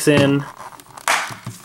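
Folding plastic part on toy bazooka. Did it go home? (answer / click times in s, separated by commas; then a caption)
yes / 1.1 s. Someone talks briefly as a plastic part of a Ressha Sentai ToQger Gattai Hasshahou Renketsu Bazooka toy is folded in. A few faint ticks follow, then a sharp plastic snap at 1.1 s as the part clicks in and seats.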